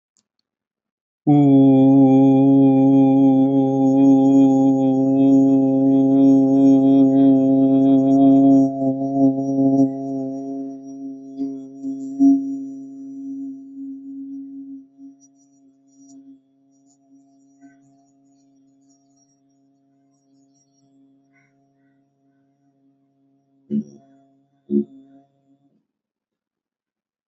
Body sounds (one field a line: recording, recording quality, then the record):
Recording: sustained vowel as in boot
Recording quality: excellent, no background noise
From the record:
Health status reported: exposed to COVID-19, no respiratory illness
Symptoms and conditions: none ticked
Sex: male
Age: 25 years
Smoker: not ticked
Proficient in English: yes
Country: India